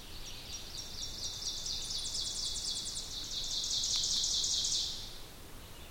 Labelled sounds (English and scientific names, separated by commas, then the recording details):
Ovenbird (Seiurus aurocapilla) song
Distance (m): 40 m
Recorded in boreal forest in Alberta, Canada, on 2 June 2016 at 08:18
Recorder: SongMeter 3, array SBT-3-7
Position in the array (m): 194 m, 1 m
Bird 6